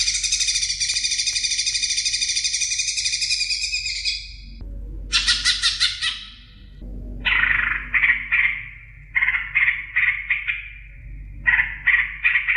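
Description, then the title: Leafbird song: a long, rapid, pulsing high warble, then a short burst, followed by a series of shorter, lower twittering phrases. "CUCAK IJO"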